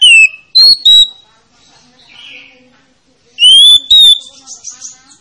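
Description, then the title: Oriental magpie-robin whistles: a brief trio of clear notes, a pause, then two more ringing whistles and softer chatter. Played as a lure to coax a reluctant, lazy-singing magpie-robin into singing. "Pancingan Kacer Yg Malas Bunyi"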